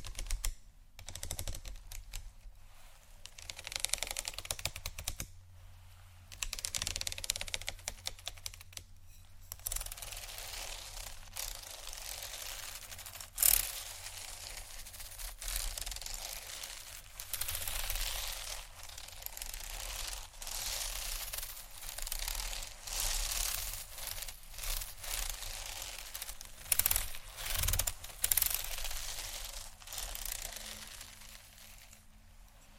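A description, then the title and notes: Bags are handled and rubbed, making a continuous crinkly, rustling texture that swells and fades in uneven bursts. The sound is bright and dense, with brief pauses near 1, 5 and 9 seconds and a sharp click around 13 seconds. A low steady hum runs underneath. ASMR 4 Textured Bags 1 Hour（No Talking）.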